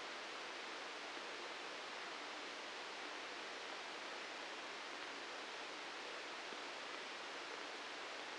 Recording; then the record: brain microelectrode recording played as sound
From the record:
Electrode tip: outside the subthalamic nucleus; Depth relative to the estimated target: -3 mm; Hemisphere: right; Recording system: NeuroSet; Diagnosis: Parkinson's disease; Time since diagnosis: 9 years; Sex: male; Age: 61 years